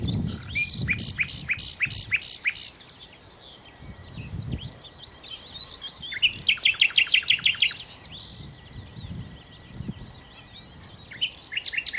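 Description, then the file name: Common nightingale song: repeated strophes of fast, evenly spaced loud notes, one phrase every few seconds, over low rumble and faint twittering birds. "Nachtigall"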